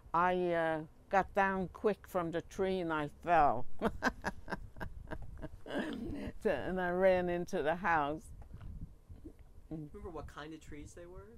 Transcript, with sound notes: I got down quick from the tree and I fell (laughs) and I ran into the house.
Do you remember what kind of trees they were?